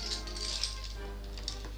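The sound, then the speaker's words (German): A bunch of keys jangles in a few bright, metallic bursts, with light clinks scattered across the moment over a steady low hum. “Entkleide mich. Die Schlüssel,”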